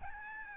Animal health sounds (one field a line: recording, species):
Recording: mosquito wingbeat signal from an infrared sensor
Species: Aedes albopictus